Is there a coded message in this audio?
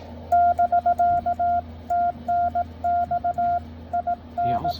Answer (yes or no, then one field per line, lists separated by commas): yes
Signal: Morse code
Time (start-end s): 0.3-4.7 s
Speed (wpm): 18 wpm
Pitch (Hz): 710 Hz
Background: speech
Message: <BK>TNX IN